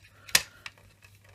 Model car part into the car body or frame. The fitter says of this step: we go Oh pops into place again